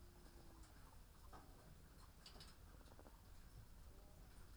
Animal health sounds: poultry house recording; sick chickens (respiratory disease)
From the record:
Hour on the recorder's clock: 13

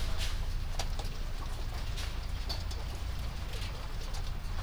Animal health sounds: poultry house recording; healthy chickens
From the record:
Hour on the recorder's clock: 1

